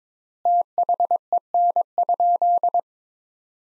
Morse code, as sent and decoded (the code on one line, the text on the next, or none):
- .... . -. ..--..
THEN?